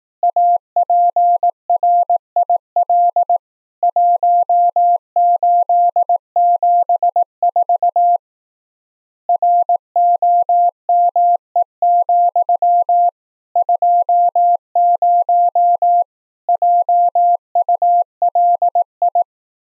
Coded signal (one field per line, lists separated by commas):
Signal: Morse code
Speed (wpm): 18 wpm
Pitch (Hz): 690 Hz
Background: none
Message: APRIL 1874 ROME, 20 JULI